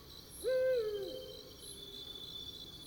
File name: Eurasian Eagle Owl Hooting Duet Of Male Female